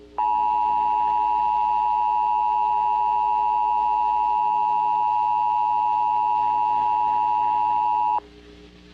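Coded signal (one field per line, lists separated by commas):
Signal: Emergency Alert System (SAME) tones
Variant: 853 and 960 Hz attention tone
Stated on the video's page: Fictional EAS scenario with SAME tones, an analog horror recreation, not a real alert.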